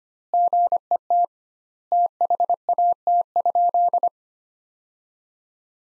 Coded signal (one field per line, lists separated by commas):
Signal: Morse code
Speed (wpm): 25 wpm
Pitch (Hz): 700 Hz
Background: none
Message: GET THAT?